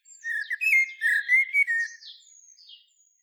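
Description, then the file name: Common blackbird singing a rapid run of mellow, fluted whistles that fade into thin, high, squeaky twittering notes. "Turdus merula"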